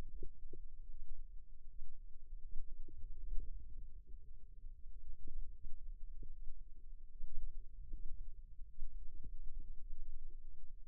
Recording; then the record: forearm muscle sounds (acoustic myography)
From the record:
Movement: inward rotation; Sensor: system 2, bracelet of six BSWA MPA416 microphones around the upper forearm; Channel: 5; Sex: female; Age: 22 years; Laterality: right